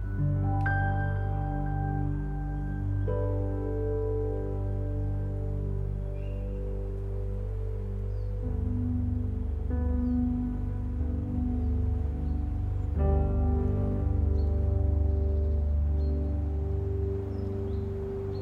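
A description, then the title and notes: Gentle piano chords ring out and sustain, with new chords struck at about 1, 3, 8.5 and 13 seconds, each fading slowly. A soft, steady wind rumbles underneath throughout, and a few faint, brief bird chirps flicker high above. Relaxing Piano Music with Wind and Birds. Gentle piano music with the sweet sounds of the wind and birds.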